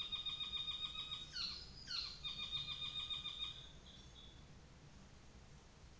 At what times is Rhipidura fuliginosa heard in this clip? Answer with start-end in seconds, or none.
none